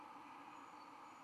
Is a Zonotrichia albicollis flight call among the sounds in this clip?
no